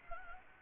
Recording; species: mosquito wingbeat signal from an infrared sensor; Anopheles gambiae